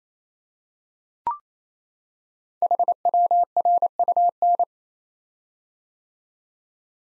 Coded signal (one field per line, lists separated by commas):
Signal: Morse code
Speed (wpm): 28 wpm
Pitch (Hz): 700 Hz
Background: none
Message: HWRUN